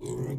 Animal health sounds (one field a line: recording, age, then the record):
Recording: pig call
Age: weaner (32 to 43 days)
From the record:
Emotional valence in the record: negative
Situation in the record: short isolation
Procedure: open field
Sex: female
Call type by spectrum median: low-frequency call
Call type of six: low-frequency stable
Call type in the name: low-frequency stable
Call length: 0.39 s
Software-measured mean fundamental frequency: 63 Hz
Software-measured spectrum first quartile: 149 Hz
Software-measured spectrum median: 316 Hz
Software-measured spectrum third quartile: 626 Hz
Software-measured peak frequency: 133 Hz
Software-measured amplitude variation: 121 dB a second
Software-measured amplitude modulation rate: 21.9 a second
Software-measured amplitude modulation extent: 5.5 dB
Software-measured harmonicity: 4.6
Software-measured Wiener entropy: -0.44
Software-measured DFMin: 1019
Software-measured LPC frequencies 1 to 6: 345, 2020, 3317, 4030, 5241, 6053 Hz